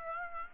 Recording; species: mosquito wingbeat signal from an infrared sensor; Aedes aegypti